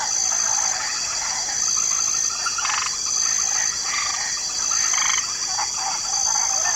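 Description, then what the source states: Several frogs giving brief rattling croaks at irregular moments, backed by a persistent high insect whine. Swamp ambience with a light chorus of frogs.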